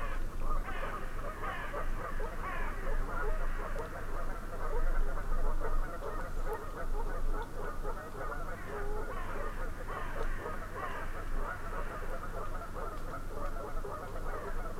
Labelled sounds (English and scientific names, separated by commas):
Canada Goose (Branta canadensis) call